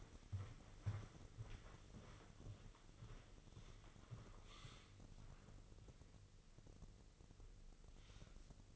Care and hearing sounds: daily activity, microphone in the room; walk to room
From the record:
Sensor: 4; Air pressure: 996.3 hPa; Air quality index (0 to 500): 81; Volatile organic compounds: 4 ppm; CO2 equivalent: 1552 ppm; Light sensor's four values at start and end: 18/50/19/20 and 19/52/20/21

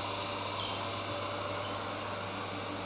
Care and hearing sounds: daily activity, microphone in the room; vacuum cleaning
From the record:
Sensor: 2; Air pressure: 990.9 hPa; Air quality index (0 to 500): 135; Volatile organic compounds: 177 ppm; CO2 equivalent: 4132 ppm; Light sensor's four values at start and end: 20/48/19/19 and 20/47/19/19

